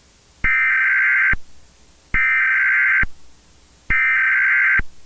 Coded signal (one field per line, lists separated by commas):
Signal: Emergency Alert System (SAME) tones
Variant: header bursts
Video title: EAS Scenario | Cursed Moon (#115)